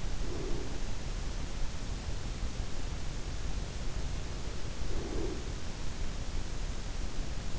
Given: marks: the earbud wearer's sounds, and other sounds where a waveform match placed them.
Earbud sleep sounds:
sounds in sleep by an in-ear microphone; breath
0.00-1.19 s: breath
4.67-5.72 s: breath

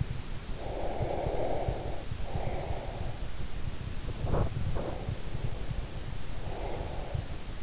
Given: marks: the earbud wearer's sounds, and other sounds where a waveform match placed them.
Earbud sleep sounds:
sounds in sleep by an in-ear microphone; breath, swallowing
0.50-3.38 s: breath
4.08-5.21 s: swallowing
5.22-7.63 s: breath

